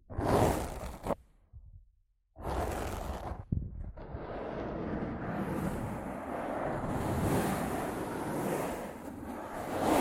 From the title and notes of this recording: ASMR Rough Mic Scratching & Brushing (No Talking).